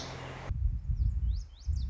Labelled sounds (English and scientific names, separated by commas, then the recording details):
Lazuli Bunting (Passerina amoena)
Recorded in Sonoma County, California